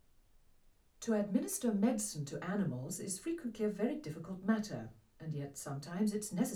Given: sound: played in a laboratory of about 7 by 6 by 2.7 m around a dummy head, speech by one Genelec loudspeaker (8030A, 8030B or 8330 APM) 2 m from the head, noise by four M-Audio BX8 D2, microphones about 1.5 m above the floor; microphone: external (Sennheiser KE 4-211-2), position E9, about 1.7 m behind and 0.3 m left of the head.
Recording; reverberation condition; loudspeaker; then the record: female speech in English; low; 30 degrees to the left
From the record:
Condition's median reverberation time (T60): about 310 ms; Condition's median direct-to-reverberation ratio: about 3.5 dB